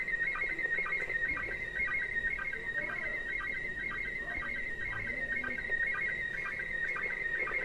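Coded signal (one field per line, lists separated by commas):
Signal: SSTV (slow-scan television)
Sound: warbling, chirping tone around 2 kHz broken by regular short low sync blips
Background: radio static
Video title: Women in space ISS SSTV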